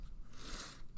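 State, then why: Not seated. A plastic building-brick piece, the back seat, is handled and pressed toward its spot in a toy car build, producing soft scraping, crunchy handling noise with a brief faint tick near 1.0 s. Nothing has seated or clicked yet; the piece is not yet home.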